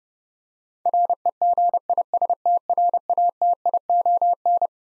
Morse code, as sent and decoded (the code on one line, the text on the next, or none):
.-. . --. .. ... - .-. .- - .. --- -.
REGISTRATION